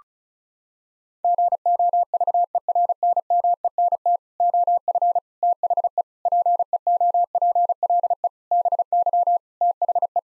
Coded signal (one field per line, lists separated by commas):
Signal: Morse code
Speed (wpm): 36 wpm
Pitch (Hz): 700 Hz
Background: none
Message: GOVERNMENT OF THE PEOPLE BY THE